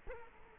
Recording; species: mosquito wingbeat signal from an infrared sensor; Culex quinquefasciatus